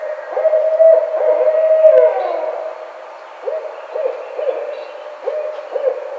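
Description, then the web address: Barred owl calling: strong low hoots, then a drawn-out descending slur, then a run of short hoots to the end. Recorded on 4 May 2009. "Barred Owl 2009 05 04 Barred Owl"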